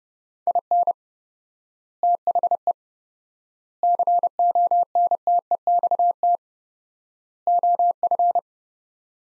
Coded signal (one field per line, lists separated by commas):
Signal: Morse code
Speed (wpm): 29 wpm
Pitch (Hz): 700 Hz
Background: none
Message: IN THE CONTEXT OF